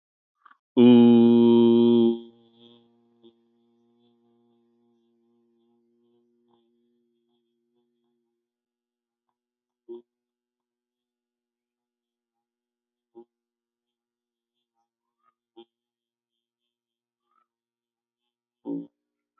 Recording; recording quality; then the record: sustained vowel as in boot; excellent, no background noise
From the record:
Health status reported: healthy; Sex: male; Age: 26 years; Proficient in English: yes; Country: India